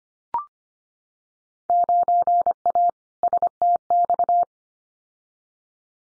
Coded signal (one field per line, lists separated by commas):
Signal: Morse code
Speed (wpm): 25 wpm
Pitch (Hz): 700 Hz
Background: none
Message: 9A STX